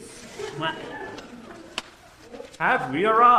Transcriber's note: laughing